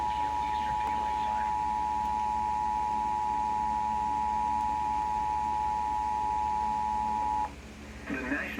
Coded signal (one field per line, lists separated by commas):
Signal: Emergency Alert System (SAME) tones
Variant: 853 and 960 Hz attention tone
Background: speech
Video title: A TOTALLY CALM MONDAY (EAS Alerts from June 13, 2022, EAS 920-973)